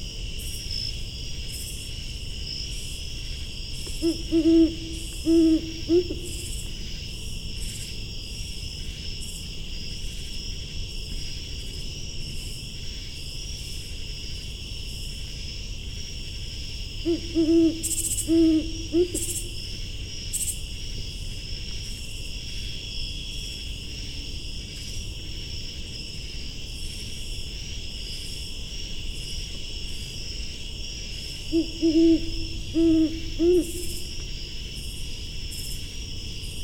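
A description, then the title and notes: A Great Horned Owl calls from the forest, giving low, soft hooting phrases in three bouts, around 4, 17 and 32 seconds, each a short series of deep hoots. Between calls, a steady, high insect or cricket drone fills the background with faint low rumble. Great Horned Owl (female?). Great Horned Owl calling from forest at Patuxent Research Refuge in Laurel, MD. At 8:18pm. Recorded with Fostex FR-2, Sennheiser ME-62, and Telinga Parabola.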